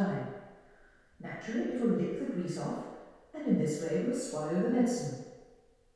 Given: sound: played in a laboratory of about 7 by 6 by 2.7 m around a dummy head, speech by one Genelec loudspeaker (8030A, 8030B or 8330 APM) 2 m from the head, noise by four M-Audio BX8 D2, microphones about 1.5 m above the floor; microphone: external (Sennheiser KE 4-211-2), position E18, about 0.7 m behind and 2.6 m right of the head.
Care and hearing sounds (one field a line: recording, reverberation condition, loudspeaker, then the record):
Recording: female speech in English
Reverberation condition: high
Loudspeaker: 60 degrees to the right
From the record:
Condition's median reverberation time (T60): about 1300 ms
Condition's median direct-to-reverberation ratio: about -4.0 dB